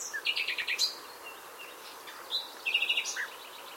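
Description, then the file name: Common nightingale song: a fast run of repeated rich notes, a short pause, then a second burst of chattering, rapidly repeated notes, with faint background hiss. "Luscinia megarhynchos"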